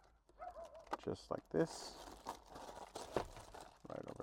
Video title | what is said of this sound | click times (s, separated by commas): 13” High tech replacement radio 2016-2023 Tacoma in depth review | just line up the three clips and that's going to pop right in | 0.9 s